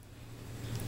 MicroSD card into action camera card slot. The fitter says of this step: till it snaps in place and then you can uh close the door